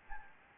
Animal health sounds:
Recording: mosquito wingbeat signal from an infrared sensor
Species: Anopheles gambiae

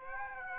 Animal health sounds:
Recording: mosquito wingbeat signal from an infrared sensor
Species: Aedes aegypti

